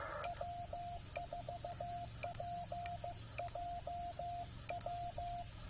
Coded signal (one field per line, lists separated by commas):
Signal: Morse code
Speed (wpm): 17 wpm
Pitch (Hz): 690 Hz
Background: radio noise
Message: W4PJW